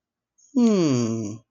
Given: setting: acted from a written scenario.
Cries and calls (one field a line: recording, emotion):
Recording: vocal sound without words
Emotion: confusion